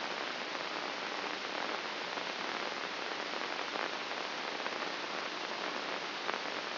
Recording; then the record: brain microelectrode recording played as sound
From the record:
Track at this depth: inside the subthalamic nucleus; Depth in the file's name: 4.23 mm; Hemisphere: left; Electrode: 2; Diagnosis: Parkinson's disease